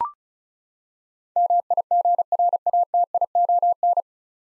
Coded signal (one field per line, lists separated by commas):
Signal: Morse code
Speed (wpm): 34 wpm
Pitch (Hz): 700 Hz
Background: none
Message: MIGRATION